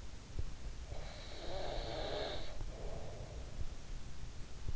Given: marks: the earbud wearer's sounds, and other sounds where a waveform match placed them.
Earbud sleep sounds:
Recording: sounds in sleep by an in-ear microphone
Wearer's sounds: snoring breath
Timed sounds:
0.68-3.83 s: snoring breath

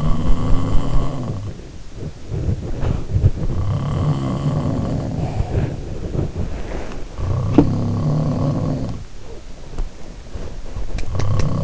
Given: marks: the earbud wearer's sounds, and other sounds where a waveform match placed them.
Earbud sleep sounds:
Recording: sounds in sleep by an in-ear microphone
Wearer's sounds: body movement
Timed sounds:
0.00-1.79 s: sound from someone else or the room
1.94-11.64 s: body movement
3.20-5.76 s: sound from someone else or the room
6.91-9.20 s: sound from someone else or the room

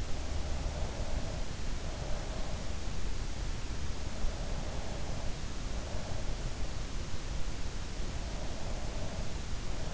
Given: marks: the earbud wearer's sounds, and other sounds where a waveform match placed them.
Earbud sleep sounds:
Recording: sounds in sleep by an in-ear microphone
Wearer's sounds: breath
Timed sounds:
0.00-2.70 s: breath

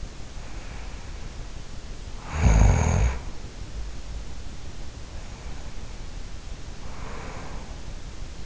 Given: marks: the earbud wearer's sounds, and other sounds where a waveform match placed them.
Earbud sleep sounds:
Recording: sounds in sleep by an in-ear microphone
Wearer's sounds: snoring breath, breath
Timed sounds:
0.23-3.48 s: snoring breath
5.04-8.46 s: breath

